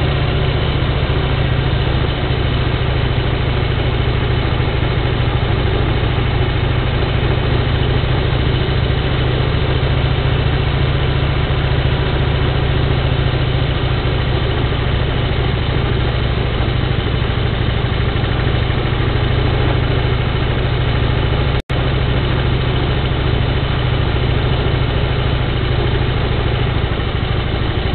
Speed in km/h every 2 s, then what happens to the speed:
22, 20, 18, 18, 19, 19, 21, 20, 21, 19, 19, 19, 19, 19.
0-28 steady at about 19.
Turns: none.